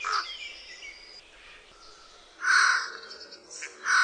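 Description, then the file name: Eurasian jay giving a few loud, harsh rasping screeches, with fainter thin whistles early on. "SOJKA"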